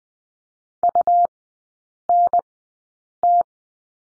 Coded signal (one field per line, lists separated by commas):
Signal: Morse code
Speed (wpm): 20 wpm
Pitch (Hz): 700 Hz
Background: none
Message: UNT